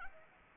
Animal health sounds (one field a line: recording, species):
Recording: mosquito wingbeat signal from an infrared sensor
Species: Anopheles arabiensis